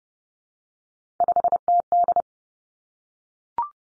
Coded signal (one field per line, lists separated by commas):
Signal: Morse code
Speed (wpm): 30 wpm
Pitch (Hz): 700 Hz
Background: none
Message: 5TD